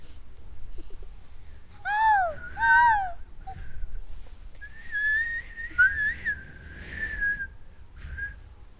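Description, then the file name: Peafowl giving two loud, nasal, arched calls in quick succession. "pfau"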